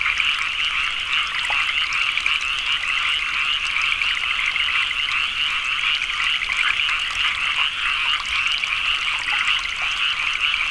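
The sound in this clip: Many frogs croaking together, fast repeated pulses merging into an unbroken, even trilling chorus.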